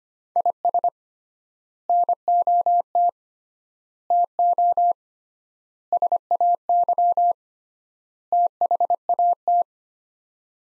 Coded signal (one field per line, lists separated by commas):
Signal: Morse code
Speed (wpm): 25 wpm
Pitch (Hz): 700 Hz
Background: none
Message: IS NOT TO SAY THAT